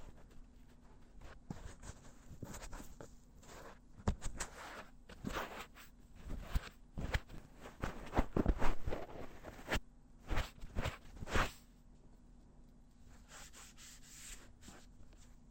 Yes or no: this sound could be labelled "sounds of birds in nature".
no